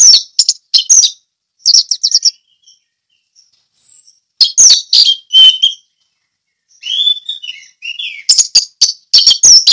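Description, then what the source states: Orange-headed thrush producing several clipped whistled phrases with gaps, then a closing run of sharp notes. Song in the ngeplong style.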